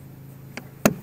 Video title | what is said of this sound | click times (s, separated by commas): REVIEW! The NEW Old Town Predator PDL Kayak (Native Propel Killer?) | locks in place so having this nice flat area to to stand or | 0.9 s